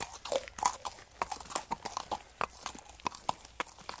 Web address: BBC Horses Walking. horse walks on muddy track